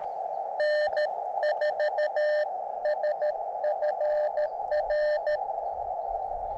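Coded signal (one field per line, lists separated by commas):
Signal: Morse code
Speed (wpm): 13 wpm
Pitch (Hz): 600 Hz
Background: radio noise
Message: N4SFR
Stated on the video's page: Summits On The Air activations of three summits near Flagstaff, Arizona.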